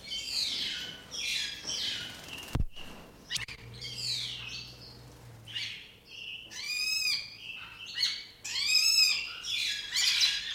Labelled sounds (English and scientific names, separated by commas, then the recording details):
Hooded Pitta (Pitta sordida) call
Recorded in captivity
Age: adult
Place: Zoo Berlin, Berlin, DE
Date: 1992-04-04 10:30
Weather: bedeckt, 5-8°C
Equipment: Nagra SN, Mikrofon AKG CK 8, Kopie Tesla B 116
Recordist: Tembrock, Günter